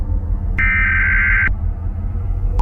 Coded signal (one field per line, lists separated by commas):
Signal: Emergency Alert System (SAME) tones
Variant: header bursts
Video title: EAS Mock - Tornado Emergency in Dallas